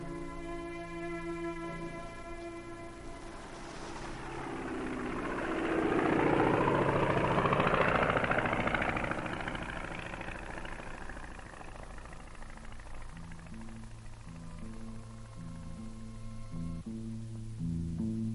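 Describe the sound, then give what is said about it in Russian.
An army propeller plane drones past overhead, dropping a pennant, swelling to a loud, rough roar in the middle and then fading, with steady tonal music running underneath throughout. “Самолет из армии вымпел, сбросил.”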